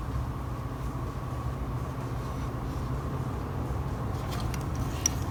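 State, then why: Seated. A plastic part is pushed back into place on a Transformers transforming action figure over a steady low background hum, with faint handling ticks near the end. A sharp, brief snap at 5.1 s marks the part seating back in.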